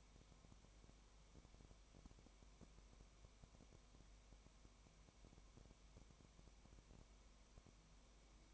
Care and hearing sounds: daily activity, microphone in the room; no activity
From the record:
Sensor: 1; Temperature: 19.1 degrees Celsius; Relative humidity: 34.0%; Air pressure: 1001.3 hPa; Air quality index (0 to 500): 82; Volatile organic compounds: 1 ppm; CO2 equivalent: 819 ppm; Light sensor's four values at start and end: 1/2/1/1 and 1/2/1/1

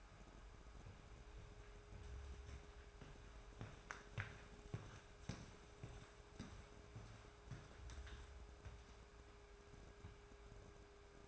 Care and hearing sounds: daily activity, microphone in the room; walk to room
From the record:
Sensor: 2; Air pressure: 1010.2 hPa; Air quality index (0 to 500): 160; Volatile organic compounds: 7 ppm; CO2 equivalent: 2016 ppm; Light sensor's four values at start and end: 38/91/41/47 and 37/90/40/46

